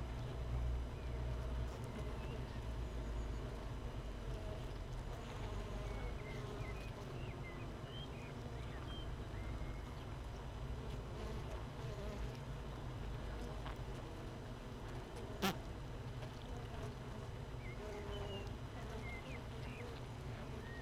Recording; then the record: honeybee colony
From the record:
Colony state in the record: missing queen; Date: 31 May 2018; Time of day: 15:41